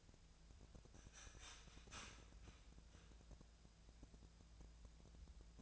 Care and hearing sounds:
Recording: daily activity, microphone in the room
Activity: start toaster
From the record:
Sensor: 2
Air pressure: 1000.1 hPa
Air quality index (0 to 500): 148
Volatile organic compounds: 2 ppm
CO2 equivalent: 1256 ppm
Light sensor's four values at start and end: 26/65/28/30 and 26/65/28/30

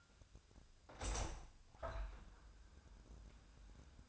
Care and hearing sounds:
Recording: daily activity, microphone in the room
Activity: open window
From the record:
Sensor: 2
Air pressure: 1004.6 hPa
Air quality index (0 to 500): 72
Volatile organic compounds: 1 ppm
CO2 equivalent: 844 ppm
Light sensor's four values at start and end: 6/14/5/5 and 6/14/6/6

